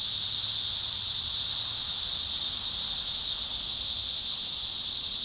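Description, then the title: Steady cicada buzzing, a high sizzling wall of sound that never breaks. Cicadas at Trinity. "neoscenes: cicadas at Trinity"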